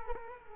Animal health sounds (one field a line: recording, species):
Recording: mosquito wingbeat signal from an infrared sensor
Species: Culex quinquefasciatus